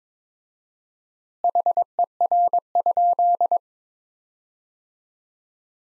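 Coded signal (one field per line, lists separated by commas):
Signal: Morse code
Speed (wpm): 22 wpm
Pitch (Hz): 700 Hz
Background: none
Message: HER?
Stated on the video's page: Morse practice sentences from the top 100 words at 22 wpm with 4x word spacing, a word-based take on the Farnsworth method.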